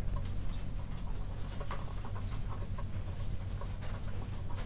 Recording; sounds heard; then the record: poultry house recording; healthy chickens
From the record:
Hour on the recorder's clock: 21